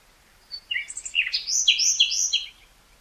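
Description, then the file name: Common nightingale singing a two-second phrase of scratchy chirps that runs into rich, repeated gurgling notes against a low background hiss. "Luscinia megarhynchos"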